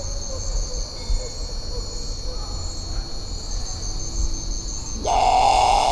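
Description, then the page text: Great potoo bursting into a single rough, growling roar at the very end, after several seconds of constant buzzing insects. "Исполинский лесной козодой"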